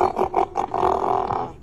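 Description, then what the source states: Southern elephant seal giving a deep, throaty grunting roar, pulsed at first and then drawn out into one long rough bellow before fading. Neil the Seal, a 3-year-old male roaming the streets of Tasmania, Australia.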